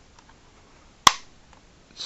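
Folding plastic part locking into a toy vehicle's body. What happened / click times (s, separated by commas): The folding plastic part snapped locked into place / 1.1 s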